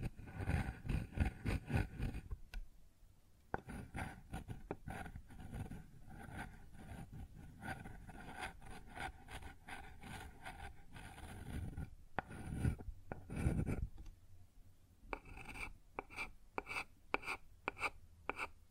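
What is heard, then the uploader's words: Sounds on a wooden surface: dense bursts of scraping and rubbing, like something dragged or filed across wood, with low knocks underneath. A short quiet gap falls near 2.5 seconds, and from about 15 seconds the scraping turns into shorter, evenly spaced strokes. ASMR Sounds on Wooden Surface (No Talking).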